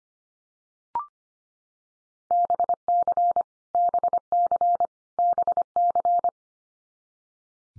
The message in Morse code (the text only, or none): BC BC BC